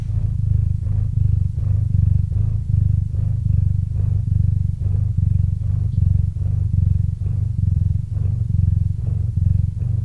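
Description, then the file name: Cat purr, a deep throbbing rumble in regular breathing cycles, steady and unbroken. Cat named Murchik purring into a microphone. "Kot Murchik - Murchanie kota kot murchal v mikrofon"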